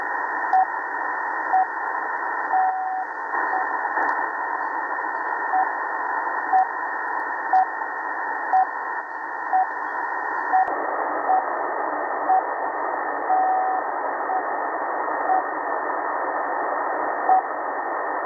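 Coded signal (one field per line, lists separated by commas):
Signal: radio time signal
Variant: RWM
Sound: short steady tone pips about once a second under constant radio hiss, occasionally longer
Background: radio static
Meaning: Short pulses mark each second; a longer tone marks the minute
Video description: Empfang des starken, russischen Zeitzeichensenders RWM auf 4997 Khz. Gesendet werden Sekunden Impulse und nach jeder Minute ein längerer Ton.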